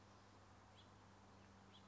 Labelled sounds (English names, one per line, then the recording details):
House Finch
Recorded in Sonoma County, California